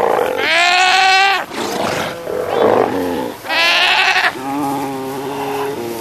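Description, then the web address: South American sea lion bleats: long, harmonic, quavering cries, two loud ones separated by quieter sounds, followed by lower wavering calls. "earth naturelibrary assets s so south american sea lion"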